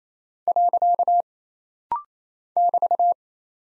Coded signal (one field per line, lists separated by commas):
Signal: Morse code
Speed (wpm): 29 wpm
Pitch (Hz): 700 Hz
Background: none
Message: . <BT>